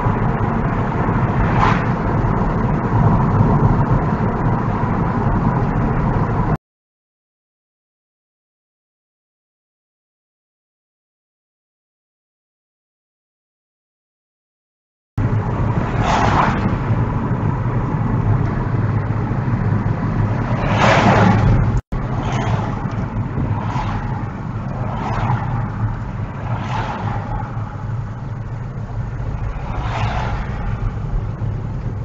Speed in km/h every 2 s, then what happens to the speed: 55, 53, 52, 50, 48, 47, 44, 42, 39, 35, 24, 21, 16, 15, 18, 21.
0-24 slows to 16. 24-32 steady at about 16.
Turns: none.